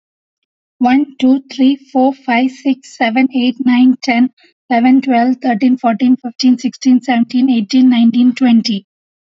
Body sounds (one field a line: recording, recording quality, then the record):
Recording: counting at a fast pace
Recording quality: excellent, no background noise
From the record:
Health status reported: healthy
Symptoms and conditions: cough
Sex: female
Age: 30 years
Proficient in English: yes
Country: India